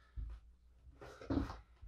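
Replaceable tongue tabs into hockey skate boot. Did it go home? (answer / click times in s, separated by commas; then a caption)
no / none. Plastic tabs of a replaceable tongue are pushed up into place under the boot of a CCM SuperTacks AS3 Pro hockey skate, lined up before being snapped down. Soft, low handling thumps and rustles come around 0.2–0.35 s and again from about 1.0 to 1.6 s. Nothing has snapped or clicked into place yet.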